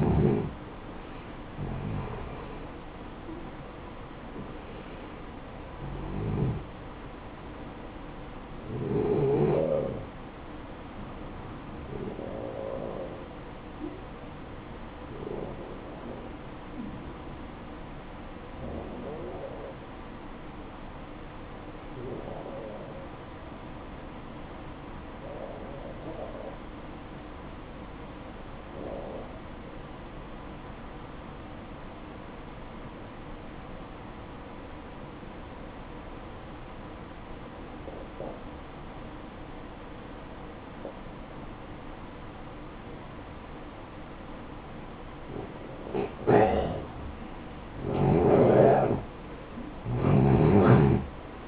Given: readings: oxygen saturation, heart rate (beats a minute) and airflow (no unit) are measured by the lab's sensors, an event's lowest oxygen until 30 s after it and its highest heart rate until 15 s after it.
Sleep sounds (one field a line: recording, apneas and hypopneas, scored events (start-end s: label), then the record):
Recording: breathing in sleep by a voice recorder at the bedside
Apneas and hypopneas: 1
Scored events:
1.00-51.48 s: new sleep stage, N1 (lightest sleep)
14.00-46.30 s: hypopnea (N1, oxygen 94% highest, then 87% lowest, heart rate 57 at the start, 67 highest)
From the record:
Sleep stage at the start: N2 (light sleep)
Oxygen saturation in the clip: 87 to 94%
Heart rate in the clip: 56 to 72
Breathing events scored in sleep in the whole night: 573 in 9.8 hours asleep